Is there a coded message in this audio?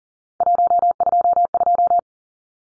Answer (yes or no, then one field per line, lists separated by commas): yes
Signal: Morse code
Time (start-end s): 0.4-2.0 s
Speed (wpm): 40 wpm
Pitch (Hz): 700 Hz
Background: none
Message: 122